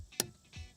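A torque wrench is applied to the next lug nut on a wheel, working in a star pattern. It gives a single sharp click at 0.2 s, confirming the nut is tight, and a fainter low sound follows around 0.6 s.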